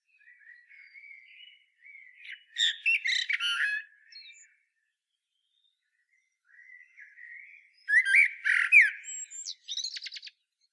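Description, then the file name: Common blackbird song: two phrases, each opening with soft low fluting warbles and ending in a loud, scratchy, twittering flourish, separated by a few seconds of quiet. "Turdus merula"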